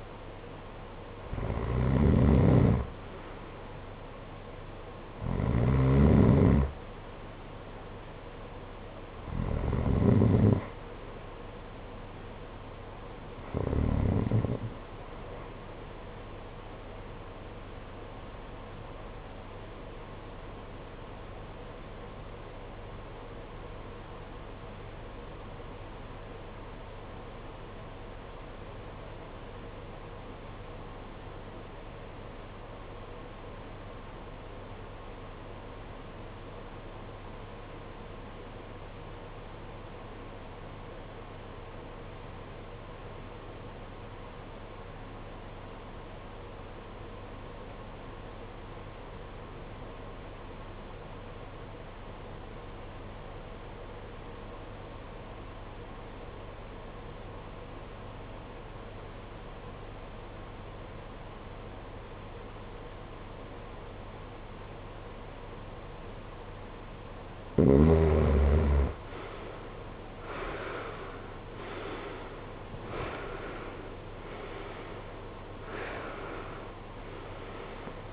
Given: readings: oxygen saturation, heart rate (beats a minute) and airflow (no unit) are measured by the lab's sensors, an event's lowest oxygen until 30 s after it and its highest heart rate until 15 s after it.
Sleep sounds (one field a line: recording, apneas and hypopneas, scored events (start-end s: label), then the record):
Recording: breathing in sleep by a voice recorder at the bedside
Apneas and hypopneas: 1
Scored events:
20.00-68.90 s: obstructive apnea (REM, oxygen 95% highest, then 73% lowest, heart rate 55 at the start, 86 highest)
From the record:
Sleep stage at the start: REM sleep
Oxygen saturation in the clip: 75 to 95%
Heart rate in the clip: 50 to 86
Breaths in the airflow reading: 8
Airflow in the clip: -19.1 to 16.1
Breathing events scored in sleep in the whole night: 476 in 9.7 hours asleep